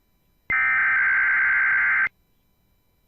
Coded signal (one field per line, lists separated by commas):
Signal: Emergency Alert System (SAME) tones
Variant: header bursts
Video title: The Typical NWR Weeklies plus some others. (EAS 452-479)